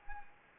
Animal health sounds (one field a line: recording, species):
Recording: mosquito wingbeat signal from an infrared sensor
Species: Anopheles gambiae